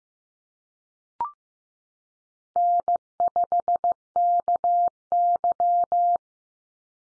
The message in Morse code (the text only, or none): N5KY